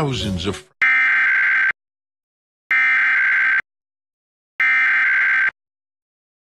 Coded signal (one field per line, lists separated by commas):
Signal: Emergency Alert System (SAME) tones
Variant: header bursts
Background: speech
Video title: EAS Minnesota Required Monthly Test on TPT (PBS)